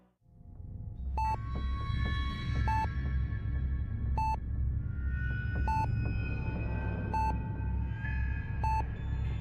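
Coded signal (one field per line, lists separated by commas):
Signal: none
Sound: music sting beeps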